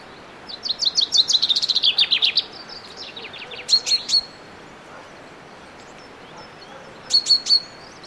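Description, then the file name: Common chaffinch singing one rattling, descending phrase that ends in a flourish, followed by short clusters of sharp high notes. "Fringilla coelebs"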